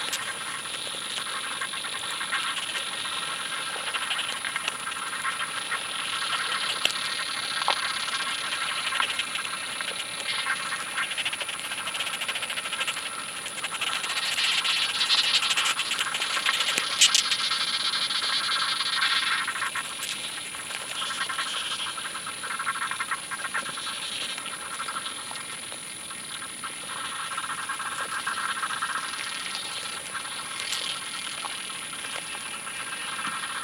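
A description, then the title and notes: A summer field recording at Badbury Rings, Dorset, filled with a dense, steady chirring and hiss in the upper-middle range. It swells louder between about 15 and 20 seconds, with a thin, constant high whine and occasional brief ticks throughout. A sound mosaic composed of field recordings made at Badbury Rings, Dorset, UK, during the summer of 2023.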